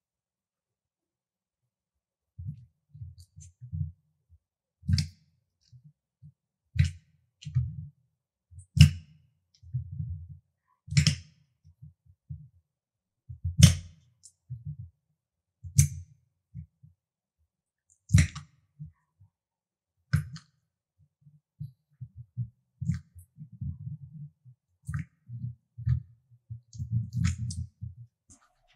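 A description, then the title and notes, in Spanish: A fork squashes and pops gel beads, starting after a brief silence. Soft, low squelching bursts repeat steadily, punctuated every couple of seconds by sharp clicks of the fork, and the squishing grows busier near the end. Destruyendo Bolas De Hidrogel (Orbeez). Destruir bolas de gel, hidrogel u orbeez con el tenedor. Siente la textura suave y pegajosa de estas esferas mientras las aplasto y las rompo.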